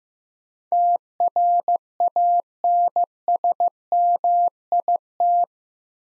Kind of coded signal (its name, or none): Morse code